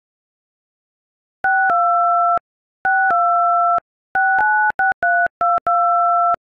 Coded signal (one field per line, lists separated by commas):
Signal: DTMF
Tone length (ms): 270 ms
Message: 62 62 696322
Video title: Oh No TikTok song on dial pad